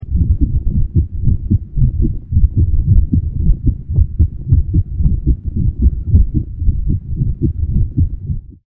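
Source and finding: Heartbeat sound effect. Heartbeat.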